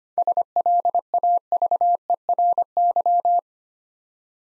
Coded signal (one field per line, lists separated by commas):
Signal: Morse code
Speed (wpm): 25 wpm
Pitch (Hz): 700 Hz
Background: none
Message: SLAVERY